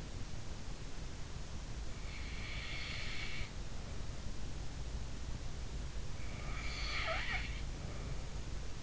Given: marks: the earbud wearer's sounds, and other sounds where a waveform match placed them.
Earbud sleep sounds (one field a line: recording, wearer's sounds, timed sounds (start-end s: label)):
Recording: sounds in sleep by an in-ear microphone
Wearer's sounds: breath, snoring breath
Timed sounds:
2.43-4.23 s: breath
6.23-8.61 s: snoring breath